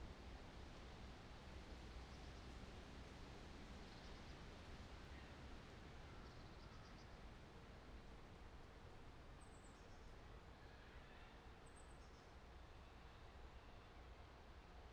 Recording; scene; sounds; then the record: everyday scene through a hearing-aid microphone; wind on the microphone; gentle breeze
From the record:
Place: parking lot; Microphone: in the ear canal, right